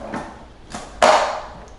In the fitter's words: That little click is the Velcro on the bottom.